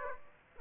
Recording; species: mosquito wingbeat signal from an infrared sensor; Aedes aegypti